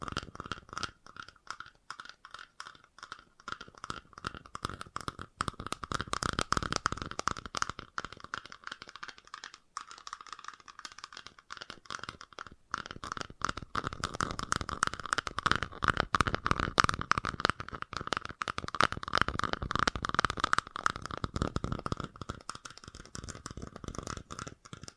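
Fast tapping runs almost nonstop as a dense rattle of sharp clicks with a bright, crisp edge. There is a short lull near ten seconds. After that the tapping returns even busier and louder, keeping a fairly steady, rapid pace to the end.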